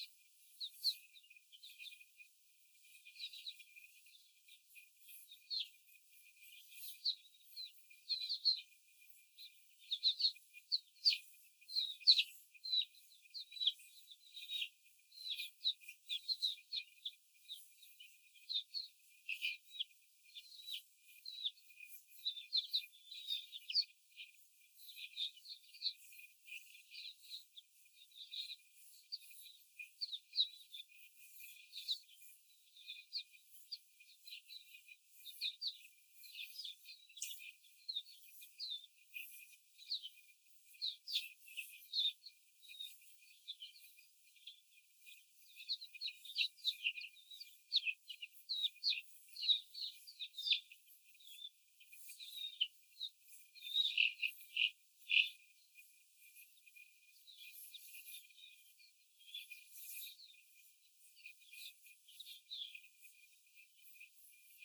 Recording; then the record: young laying hens in a cage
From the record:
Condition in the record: before the stressor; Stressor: simulated dog barking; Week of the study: 4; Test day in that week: 1